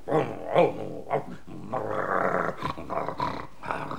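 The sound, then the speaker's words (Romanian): A dog, Signor Mastino from the Cipollino story, stretched out at full length and snoring in rough, guttural snorts with a growling edge: a few uneven bursts, then a longer rasping stretch, fairly loud and with no talking over it. “S-a întins cât e de lung și sforăie.”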